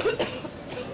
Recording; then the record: coughing mixed with background sound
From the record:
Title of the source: 61 morning phlegmy cough...again